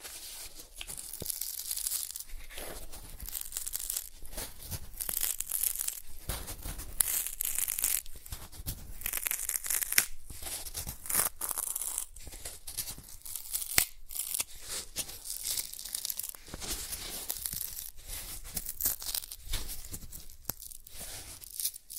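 Cardboard being scratched and torn, a dense, continuous run of dry, bright rasping with no real pauses. Sharp crackling snaps stand out throughout, especially around 1, 10 and 14 seconds, over a rough, shifting texture that stays fairly even in loudness.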